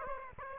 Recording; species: mosquito wingbeat signal from an infrared sensor; Aedes aegypti